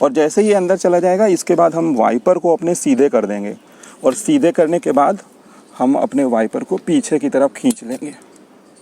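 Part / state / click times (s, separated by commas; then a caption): windshield wiper blade onto wiper arm hook / not seated / none. A front windshield wiper blade on a Tata Altroz is handled at the wiper arm: the arm's hook end goes into the plastic blade adapter, and the blade is pulled back along the arm to lock. Someone talks throughout while working. Nothing has clicked or seated yet by the end of the clip.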